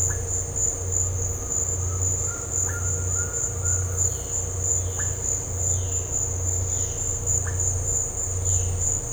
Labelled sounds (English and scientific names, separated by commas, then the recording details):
Violaceous Jay (Cyanocorax violaceus)
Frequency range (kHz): Violaceous Jay (Cyanocorax violaceus) 2.1-5.3 kHz
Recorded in dense forest near Puerto Asís, Putumayo, Colombia, on 13 March 2025 at 14:30
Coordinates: 0.468, -76.322
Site GP01